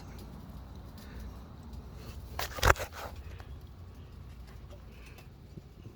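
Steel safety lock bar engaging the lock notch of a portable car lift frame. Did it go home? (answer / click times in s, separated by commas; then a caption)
no / none. A QuickJack 7000TL portable car lift is lowered onto its mechanical safety locks under a van, with a low steady hum throughout and a brief burst of sharp clattering sounds around 2.4–2.8 s, followed by a faint tick near 3.4 s. One side's steel safety lock bar rolls over the lock notch of the lift frame instead of engaging, so nothing has seated or clicked into place yet.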